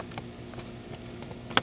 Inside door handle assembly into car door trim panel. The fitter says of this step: then the front will snap right in.